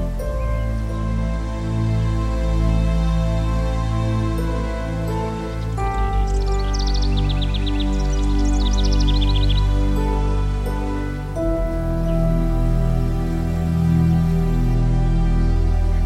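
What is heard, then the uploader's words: Soft, sustained relaxation music with slow chord changes near six and eleven seconds, while a bird sings quick chirping phrases midway through. Relaxation music and birdsong.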